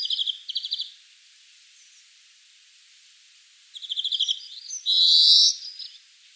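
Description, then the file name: European greenfinch calls: two bursts of fast twittering notes separated by a quiet pause, followed by a loud, drawn-out wheezing buzz of about half a second. "Chloris chloris"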